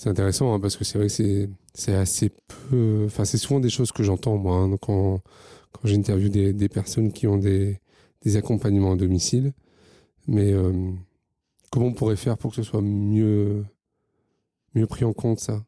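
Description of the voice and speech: A man speaks French in a low, steady, clear voice with ordinary pauses and small everyday word repeats.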